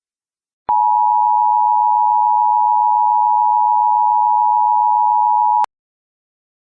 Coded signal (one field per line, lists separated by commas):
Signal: Emergency Alert System (SAME) tones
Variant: 853 and 960 Hz attention tone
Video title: EAS Scenario: Absolutely Radioactive Part 5